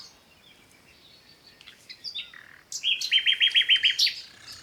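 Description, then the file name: Common nightingale song: a few soft, scattered notes, then a loud, rapid burst of repeated harsh notes. "Luscinia megarhynchos"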